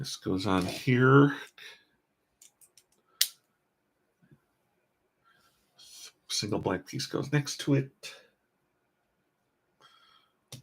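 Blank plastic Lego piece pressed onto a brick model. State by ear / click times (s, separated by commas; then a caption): seated / 10.5 s. A blank plastic Lego piece is fitted next to another part on a brick model and pressed home, seating with a click at 10.5 s. Someone talks at the start and in the middle, and a few soft taps and a sharp snap near 3.2 s come before the final click.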